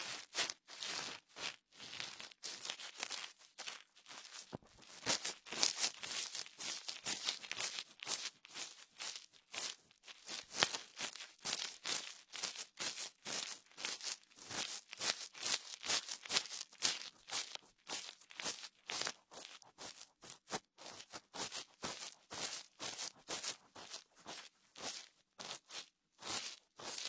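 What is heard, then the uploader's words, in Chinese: Wooden ear pick, cotton swab and fingertip rubbing make a steady run of quick, bright scratching strokes for the whole length. The strokes come in fast, uneven bursts separated by short silences, crisp and hissy with little low sound beneath them. 鹿姐姐清理你的耳朵(双耳同时)。木质耳勺、棉签、指尖摩擦。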